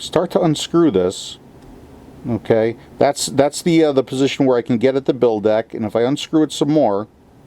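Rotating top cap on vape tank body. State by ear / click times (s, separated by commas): not seated / none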